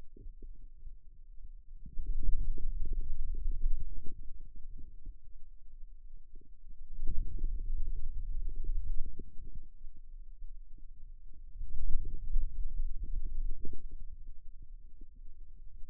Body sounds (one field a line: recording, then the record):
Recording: forearm muscle sounds (acoustic myography)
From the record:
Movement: finger pinch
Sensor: system 2, bracelet of six BSWA MPA416 microphones around the upper forearm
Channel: 5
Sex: male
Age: 22 years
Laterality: right